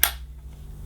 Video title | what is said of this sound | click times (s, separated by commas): Numatic Henry Wash Unboxing Assembly & Demonstration | and connect the short tube into the brass fitting until it clicks in place. | 0.0 s